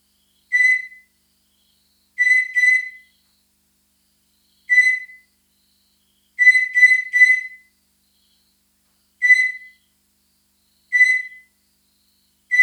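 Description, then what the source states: Katydid calls: loud, harsh, whistle-like pulses with a strong tone, given singly or in quick groups of two or three, separated by silences of one to two seconds. Recorded in the Nguru Mountains, Tanzania, at a temperature of 21 °C.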